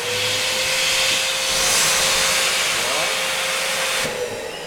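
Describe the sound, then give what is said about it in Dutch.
A balloon blower, a person breathing very heavily, makes a loud, steady rush of air with a thin steady whine underneath. The hiss swells slightly midway, then eases near the end. “Iemand die staat heel zwaar te ademen.”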